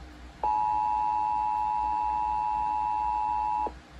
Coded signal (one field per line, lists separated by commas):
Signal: Emergency Alert System (SAME) tones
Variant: 853 and 960 Hz attention tone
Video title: MARGINAL INSANITY 3: KEY WEST CHAOS - EAS Alerts From 9/24/23 - 9/27/23 (EAS #963-988)